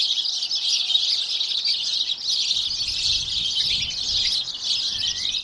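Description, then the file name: House sparrows chattering together, a steady wash of high chirps. "Passer domesticus"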